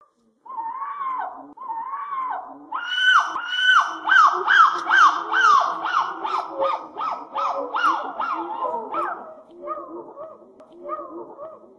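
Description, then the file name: Monkey calls: a few hoarse, arched hoots, then a long series of louder, harsh rhythmic cries that gradually fade. "Sonido del Mono"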